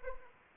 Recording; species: mosquito wingbeat signal from an infrared sensor; Anopheles arabiensis